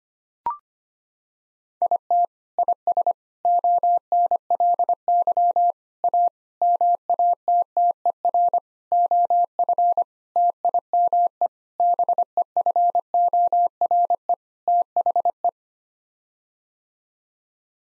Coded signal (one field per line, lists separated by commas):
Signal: Morse code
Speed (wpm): 25 wpm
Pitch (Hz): 700 Hz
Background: none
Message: IT IS ONLY A MATTER OF TIME BEFORE THE